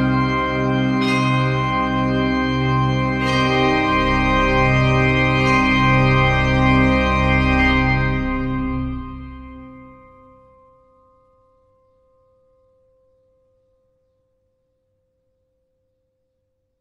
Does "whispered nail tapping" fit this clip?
no